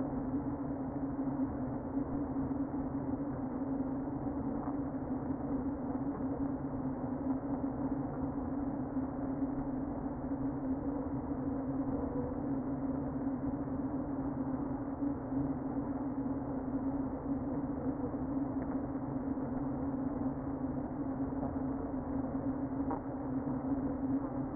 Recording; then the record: honeybee colony, microphone inside the hive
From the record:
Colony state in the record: queen present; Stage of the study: before two queens were removed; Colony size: about 60,000 bees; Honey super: yes